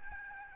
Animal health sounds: mosquito wingbeat signal from an infrared sensor; Aedes albopictus

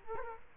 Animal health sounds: mosquito wingbeat signal from an infrared sensor; Culex quinquefasciatus

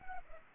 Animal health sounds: mosquito wingbeat signal from an infrared sensor; Culex pipiens

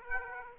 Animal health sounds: mosquito wingbeat signal from an infrared sensor; Aedes aegypti

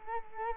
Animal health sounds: mosquito wingbeat signal from an infrared sensor; Culex quinquefasciatus

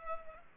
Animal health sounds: mosquito wingbeat signal from an infrared sensor; Culex pipiens

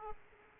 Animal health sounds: mosquito wingbeat signal from an infrared sensor; Aedes aegypti

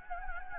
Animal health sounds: mosquito wingbeat signal from an infrared sensor; Anopheles gambiae

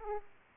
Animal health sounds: mosquito wingbeat signal from an infrared sensor; Aedes aegypti

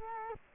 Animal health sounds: mosquito wingbeat signal from an infrared sensor; Culex quinquefasciatus

